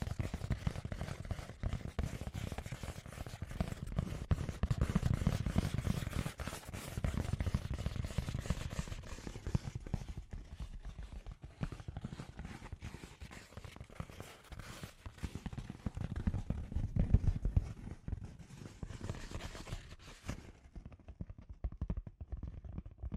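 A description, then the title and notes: Dense, rapid scratchy tapping runs through the whole clip, a crackling stream of sharp little hits with a dull thudding undertone. It swells loudest early on and again near 17 seconds, eases in the middle, and turns duller and thinner after about 20 seconds. ASMR The Trigger You Need for Sleep Scratchy Tapping (No Talking).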